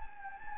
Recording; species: mosquito wingbeat signal from an infrared sensor; Anopheles gambiae